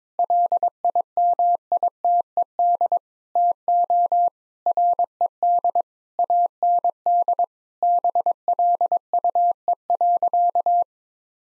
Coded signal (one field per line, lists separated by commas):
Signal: Morse code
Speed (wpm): 22 wpm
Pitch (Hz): 700 Hz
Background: none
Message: LIMITED TO RED AND BLUE.